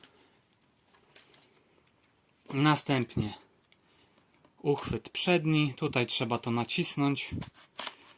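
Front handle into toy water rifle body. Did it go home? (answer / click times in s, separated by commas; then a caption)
no / none. The front handle of an M416-style toy electric water rifle is being handled against the rifle body as someone talks, with faint handling noise and small ticks underneath. Nothing has seated or clicked yet; the clip ends just before the handle is pressed home.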